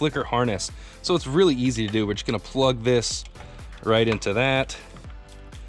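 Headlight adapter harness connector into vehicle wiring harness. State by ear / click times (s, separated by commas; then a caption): not seated / none. A headlight adapter harness connector is being handled for plugging into the vehicle wiring harness of a Jeep Wrangler JK while someone talks over background music. Only speech and faint handling sounds are heard, and nothing has seated or clicked yet.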